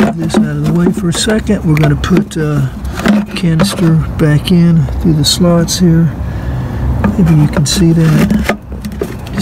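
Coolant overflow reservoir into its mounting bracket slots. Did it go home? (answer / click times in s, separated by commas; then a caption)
yes / 8.5 s. A plastic coolant overflow reservoir on a 2002–06 Camry V6 / Lexus / Avalon 1MZ-FE is pushed back down through its mounting bracket slots while someone talks. A sharp click at 8.5 s marks the reservoir locking in place, seated in its bracket, followed by a few lighter knocks and handling sounds.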